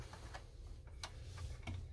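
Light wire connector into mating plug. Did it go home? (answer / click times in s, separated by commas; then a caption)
no / none. A task light's wire connector is worked by hand toward its mating plug through a tight space, making faint rustling with a low steady hum underneath. Brief handling ticks sound at about 1.0 and 1.7 seconds. Nothing has seated or clicked yet.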